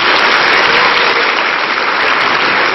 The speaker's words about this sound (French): Applaudissements.